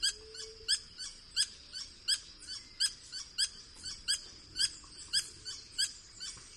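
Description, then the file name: Green hermit call: a thin, high-pitched squeak repeated many times at a fairly even pace over quiet low background noise. "Golosa ptic - Serogrudyj solnechnyj kolibri Phaethornis guy"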